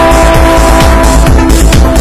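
A powerful sports car engine revs loudly in quick, repeated surges, each climbing in pitch about every half second, with tires squealing, a steady high whine running over the roar and no voices.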